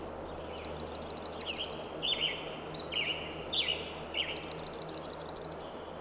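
Bird singing a fast run of high, evenly spaced ticking notes, followed by a few lower burry whistled phrases, then repeating the high run, with faint hiss behind.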